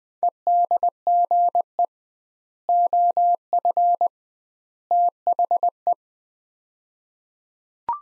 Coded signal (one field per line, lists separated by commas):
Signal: Morse code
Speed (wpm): 20 wpm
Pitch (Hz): 700 Hz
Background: none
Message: EDGE OF THE